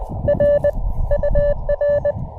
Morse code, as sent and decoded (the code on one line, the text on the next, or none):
.-. / ..- .-.
R UR